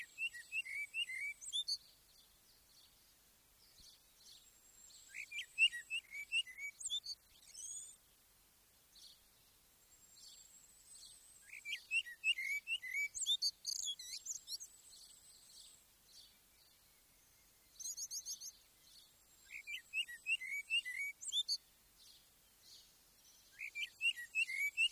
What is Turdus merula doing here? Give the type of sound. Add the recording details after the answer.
song. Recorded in the wild. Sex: male. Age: adult. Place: Garmisch-Partenkirchen, Bayern, DE. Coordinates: 47.4936, 11.0808. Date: 1966. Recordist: Tretzel, Erwin